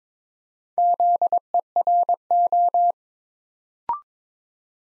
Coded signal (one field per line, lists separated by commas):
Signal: Morse code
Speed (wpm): 23 wpm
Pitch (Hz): 700 Hz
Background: none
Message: ZERO